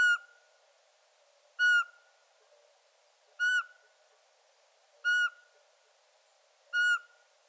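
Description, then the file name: Eurasian pygmy owl giving several loud, clear piping whistles spaced nearly two seconds apart, each note brief with a slight downward slur, against a quiet humming background. "Sperlingskauz"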